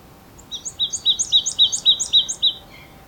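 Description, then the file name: Marsh tit giving a rapid, evenly spaced run of several paired notes, each a high sharp note dropping to a lower clipped note, ending on one softer lower note. "Poecile palustris"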